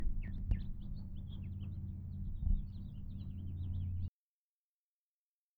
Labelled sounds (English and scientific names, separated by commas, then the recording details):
House Finch (Haemorhous mexicanus) song
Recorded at Hewlett Harbor on Long Island, New York, on 10 June 1975
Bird C